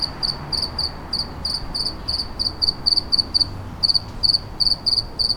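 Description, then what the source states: Cricket song of quick, pulsed high chirps in an uneven run, with a short pause near four seconds, over soft low background noise. Recorded in a city.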